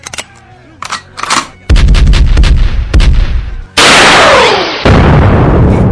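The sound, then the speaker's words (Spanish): A gunshot sound effect: a few faint pops, then a barrage of loud, booming gunfire with rapid cracks, a descending whistling streak and a final heavy blast, with no voices. “Así que el disparo de hoy, el más importante, porque la porquería, lo suyo, es para el director del Registro Civil de Concordia”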